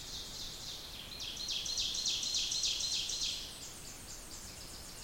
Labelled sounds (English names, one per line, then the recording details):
Ovenbird song
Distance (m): 35 m
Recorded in boreal forest in Alberta, Canada, on 28 May 2016 at 05:01
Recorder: SongMeter 3, array SBT-3-49
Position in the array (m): 105 m, 279 m
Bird 14